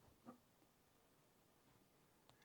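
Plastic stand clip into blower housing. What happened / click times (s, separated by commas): Handled, not yet home: plastic stand clip not seated / none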